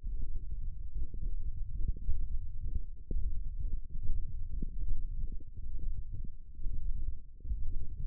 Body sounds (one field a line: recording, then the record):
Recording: forearm muscle sounds (acoustic myography)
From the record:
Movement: finger pinch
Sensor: system 1, eight BSWA MPA416 microphones around the upper forearm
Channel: 6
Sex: male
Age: 21 years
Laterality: right